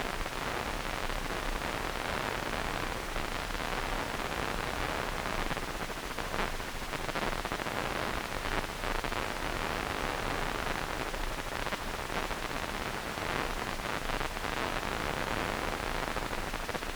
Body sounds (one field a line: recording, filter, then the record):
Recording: brain microelectrode recording played as sound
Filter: wide band, above 20 Hz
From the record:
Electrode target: subthalamic nucleus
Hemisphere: right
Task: reaching with the left hand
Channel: 2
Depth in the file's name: 1.506 mm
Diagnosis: Parkinson's disease